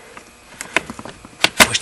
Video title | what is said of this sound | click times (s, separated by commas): Nissan Pathfinder Fan Not Working / Heat Or AC Will Not Turn Off | glove box in and it snaps right in place and that's it all right | 0.8 s, 1.4 s